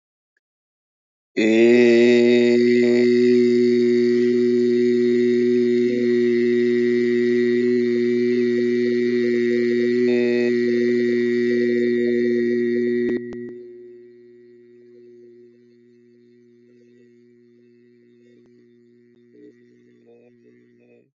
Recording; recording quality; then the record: sustained vowel as in made; excellent, no background noise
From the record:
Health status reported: healthy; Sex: male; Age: 34 years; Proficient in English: yes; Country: India